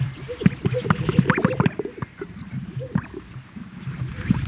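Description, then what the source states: Greater sage-grouse display sounds: overlapping low bubbling pops and soft popping gulps from several birds, with brief higher whistled notes and swishing sounds between them. Recorded at a lek.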